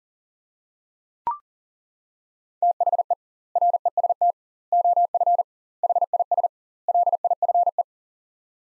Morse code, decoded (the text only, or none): THE REST OF HIS LIFE